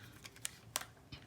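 A smartphone is pushed into a universal 360 car mount cradle, and the spring or ratchet side arms click as the phone is pressed in. Sharp clicks are heard at 0.5 s and 0.8 s, with fainter ticks around them, and the cradle locks around the phone, seated.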